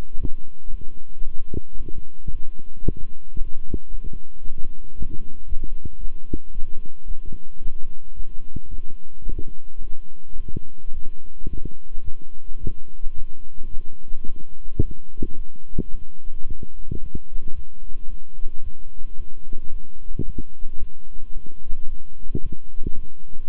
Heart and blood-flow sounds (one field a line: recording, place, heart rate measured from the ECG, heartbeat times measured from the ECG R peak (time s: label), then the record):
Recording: heart sounds by stethoscope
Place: between the tricuspid and mitral areas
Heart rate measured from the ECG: 111 bpm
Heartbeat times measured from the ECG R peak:
0.16 s: heartbeat
0.70 s: heartbeat
1.23 s: heartbeat
1.76 s: heartbeat
2.31 s: heartbeat
2.84 s: heartbeat
3.37 s: heartbeat
3.90 s: heartbeat
4.43 s: heartbeat
4.95 s: heartbeat
5.47 s: heartbeat
5.99 s: heartbeat
6.53 s: heartbeat
7.06 s: heartbeat
7.61 s: heartbeat
8.15 s: heartbeat
8.69 s: heartbeat
9.25 s: heartbeat
9.80 s: heartbeat
10.36 s: heartbeat
10.92 s: heartbeat
11.48 s: heartbeat
12.03 s: heartbeat
12.59 s: heartbeat
13.14 s: heartbeat
13.69 s: heartbeat
14.25 s: heartbeat
14.80 s: heartbeat
15.35 s: heartbeat
15.90 s: heartbeat
16.45 s: heartbeat
16.99 s: heartbeat
17.54 s: heartbeat
18.08 s: heartbeat
18.62 s: heartbeat
19.16 s: heartbeat
19.70 s: heartbeat
20.24 s: heartbeat
20.78 s: heartbeat
21.32 s: heartbeat
21.87 s: heartbeat
22.41 s: heartbeat
22.94 s: heartbeat
23.48 s: heartbeat
From the record:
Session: walking at 3.7 km/h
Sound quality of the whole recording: good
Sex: male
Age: 26 years